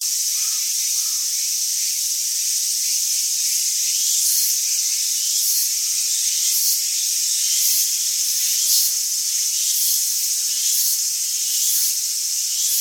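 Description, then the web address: Insects form a dense, high, hissing chorus with repeated pulses, plus a couple of soft lower notes early on. Ambient insects recorded in Tsumago, Japan. "Lynne Music 2 Amb Insects Birds Tsumago Japan"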